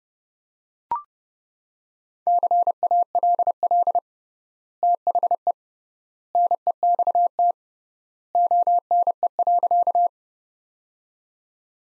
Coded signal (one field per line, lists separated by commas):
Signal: Morse code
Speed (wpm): 32 wpm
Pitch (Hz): 700 Hz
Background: none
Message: CALL THE NEXT ONE.